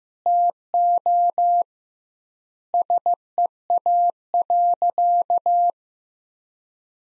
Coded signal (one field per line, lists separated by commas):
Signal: Morse code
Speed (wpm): 15 wpm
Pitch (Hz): 700 Hz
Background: none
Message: TO SEA.